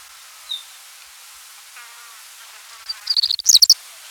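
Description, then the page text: Cinnamon-breasted Bunting song: a short burst of high, rapid chirped notes near the end, after a faint thin note at the start. "Cinnamon-Breasted Bunting Song. Quick Sounds"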